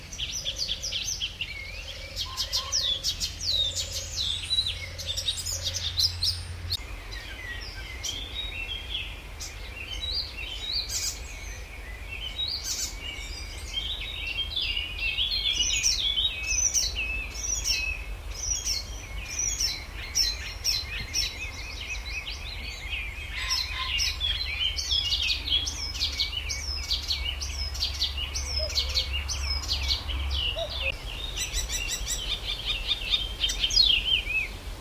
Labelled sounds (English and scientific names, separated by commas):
Icterine Warbler (Hippolais icterina)